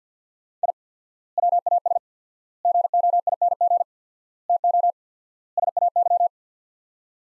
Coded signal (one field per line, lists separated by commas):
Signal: Morse code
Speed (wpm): 50 wpm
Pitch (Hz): 700 Hz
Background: none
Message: I WAS GOING TO SAY